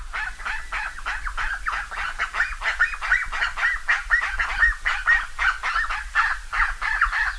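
Bird calls in a dense, continuous chorus of nasal honking notes overlapping from many birds, with a low rumble underneath.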